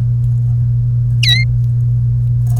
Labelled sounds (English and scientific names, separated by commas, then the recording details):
Domestic Canary (Serinus canaria) song
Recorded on 1 May 2018 at 14:46
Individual llb3